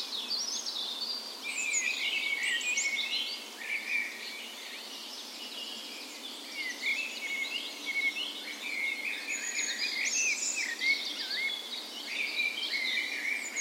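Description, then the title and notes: Birds: dawn chorus with many overlapping bird songs, sharp chirps, whistles and trills rising and falling in waves. Park west in Bergen, Norway; morning of 17 May, Norway's National Day; spring; Sony PCM A10 recorder with LOM Usi microphones placed as tree ears. "17th Of May Dawn Chorus. Recorded on the morning of Norways National Day the 17th of May in a park west in Bergen"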